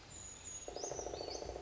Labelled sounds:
Brown Creeper (Certhia americana)
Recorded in Sonoma County, California

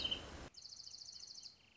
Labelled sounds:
Wrentit (Chamaea fasciata)
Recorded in Sonoma County, California

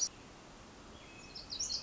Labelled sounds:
Pacific Wren (Troglodytes pacificus)
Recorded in Sonoma County, California

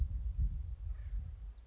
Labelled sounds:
Acorn Woodpecker (Melanerpes formicivorus)
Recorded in Sonoma County, California

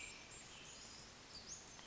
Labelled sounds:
Western Flycatcher (Empidonax difficilis)
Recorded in Sonoma County, California

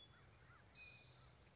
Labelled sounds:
California Towhee (Melozone crissalis)
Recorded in Sonoma County, California

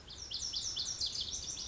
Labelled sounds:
Lazuli Bunting (Passerina amoena)
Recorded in Sonoma County, California

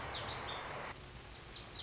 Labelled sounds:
Lazuli Bunting (Passerina amoena)
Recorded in Sonoma County, California

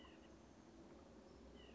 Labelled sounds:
White-breasted Nuthatch (Sitta carolinensis)
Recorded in Sonoma County, California

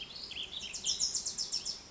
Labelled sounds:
Bewick's Wren (Thryomanes bewickii)
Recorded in Sonoma County, California

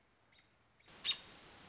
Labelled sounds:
American Robin (Turdus migratorius)
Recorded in Sonoma County, California

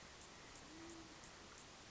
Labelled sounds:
Band-tailed Pigeon (Patagioenas fasciata)
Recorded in Sonoma County, California

